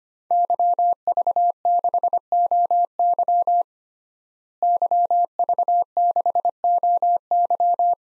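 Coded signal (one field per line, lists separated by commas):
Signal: Morse code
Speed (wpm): 25 wpm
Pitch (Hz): 700 Hz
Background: none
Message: YV6OY YV6OY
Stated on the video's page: Head-copy drill at 25 wpm of 5-character non-US DXCC call signs, each sent twice, spoken, then sent again.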